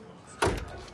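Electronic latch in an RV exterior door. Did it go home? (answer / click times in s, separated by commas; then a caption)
yes / 0.4 s. An electronic latch in the exterior door of a 2025 Wingamm Oasi 540.1 mini Class B RV is pushed to operate it. After quiet background, a single sharp click sounds at 0.4 s, and the latch operates.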